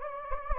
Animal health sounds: mosquito wingbeat signal from an infrared sensor; Anopheles gambiae

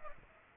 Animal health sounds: mosquito wingbeat signal from an infrared sensor; Aedes aegypti

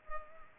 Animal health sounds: mosquito wingbeat signal from an infrared sensor; Culex pipiens

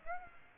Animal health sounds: mosquito wingbeat signal from an infrared sensor; Aedes aegypti

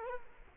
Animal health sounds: mosquito wingbeat signal from an infrared sensor; Culex quinquefasciatus

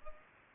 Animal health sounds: mosquito wingbeat signal from an infrared sensor; Culex pipiens

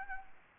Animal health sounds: mosquito wingbeat signal from an infrared sensor; Anopheles gambiae

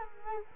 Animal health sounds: mosquito wingbeat signal from an infrared sensor; Culex quinquefasciatus

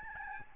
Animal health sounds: mosquito wingbeat signal from an infrared sensor; Aedes albopictus

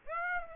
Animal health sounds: mosquito wingbeat signal from an infrared sensor; Aedes aegypti

